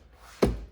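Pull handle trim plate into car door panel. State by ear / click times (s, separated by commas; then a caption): seated / 0.4 s. The plastic pull handle trim plate of a 2021 Mazda CX-9 interior door panel is lined up by its tabs, with the handle pulled out, and pressed into the door panel. After quiet low background noise, a single sharp thunk is heard at 0.4 s, with energy strongest in the low and mid range, then fading out. The plate snaps in and is seated.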